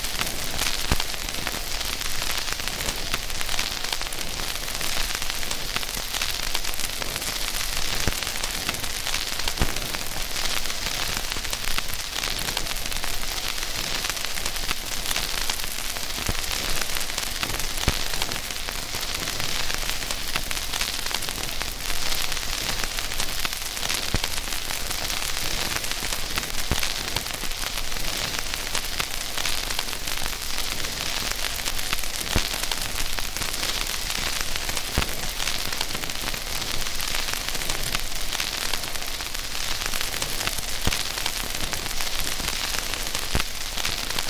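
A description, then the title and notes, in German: Steady hiss of an old vinyl record, dense and even across the whole clip, strongest in the upper range. Faint crackles and small pops are scattered throughout at irregular moments, with no music or other sounds underneath, and the level never changes. Dies ist eine Art weißes Rauschen einer alten Vinyl Platte.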